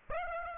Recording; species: mosquito wingbeat signal from an infrared sensor; Aedes aegypti